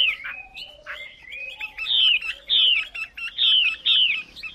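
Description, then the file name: Chinese hwamei song: loud, clear whistled phrases, first varied and slurred, then rich downslurred notes repeated in quick succession. Female hwamei singing. "Tieng chim hoa mi mai hot"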